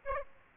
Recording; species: mosquito wingbeat signal from an infrared sensor; Aedes aegypti